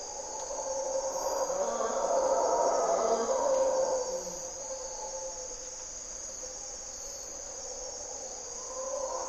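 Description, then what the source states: Mantled howler monkey roar building over the first few seconds, then fading to rumbling under a continuous shrill insect hum. Mantled howler monkeys (Monos Congos) waking the jungle at morning twilight, Parque Nacional Corcovado, Osa Peninsula, Costa Rica; distinctive grunts and calls, males audible from several kilometers away.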